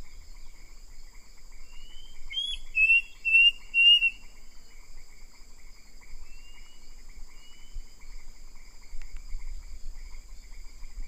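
Bird giving a brief series of rising and falling whistled notes, then a couple of faint softer whistles, against a steady high-pitched hum.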